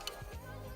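A carbon propeller is fitted onto the motor hub of a Phantom drone, going on the same way as before. A small, sharp click at 0.1 s shows it has seated, followed by a faint low rumble.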